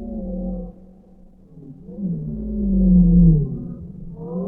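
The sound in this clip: Whale song with a wavering low moan, then a long sliding tone that swells and descends, followed by a short rising note; steady low rumble beneath.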